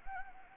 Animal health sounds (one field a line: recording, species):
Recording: mosquito wingbeat signal from an infrared sensor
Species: Anopheles gambiae